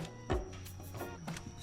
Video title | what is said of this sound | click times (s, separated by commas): MOST IMPORTANT ENGINE MOD For Your Dodge Vehicle! Oil Catch Can Install!! | i actually heard the click y'all i'm gonna show y'all man so if y'all can see | 1.4 s